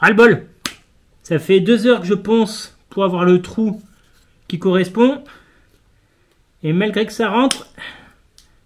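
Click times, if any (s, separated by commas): none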